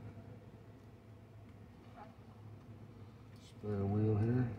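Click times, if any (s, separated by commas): none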